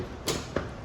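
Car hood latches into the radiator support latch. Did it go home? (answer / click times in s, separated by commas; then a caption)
yes / 0.3 s, 0.6 s. After the safety latch is engaged, the hood of a rebuilt, previously crashed G37 is closed and latches into the radiator support latch. Two sharp clicks are heard at about 0.3 s and 0.6 s, and both latches seat securely.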